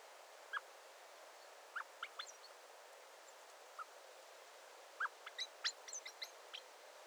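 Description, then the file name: Common blackbird giving short, sharp call notes, scattered singly then in a quick cluster of high ticks near the end, over a steady background hiss. "Turdus merula"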